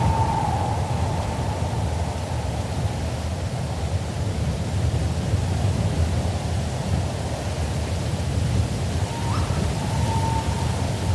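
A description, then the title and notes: A cool breeze moves through forest trees as a steady, dense rush with a heavy low rumble that barely changes in level. A faint thin whistling tone drifts in at the start and again near the end. Forest Ambience with Birds of Prey. A cool breeze rustles the trees of the forest.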